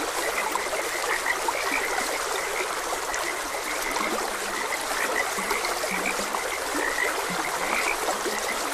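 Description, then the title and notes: Frogs croak in a mix of high chirps and lower, drawn-out croaks, all set against a steady stream. Frogs croaking beside a gentle stream. "Frogs Croaking. Sleep and Relaxation Podcast"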